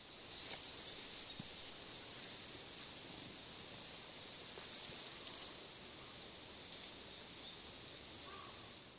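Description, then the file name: Japanese accentor giving thin, very high, brief call notes, four of them at irregular spacing, against a quiet background. "kayakuguri"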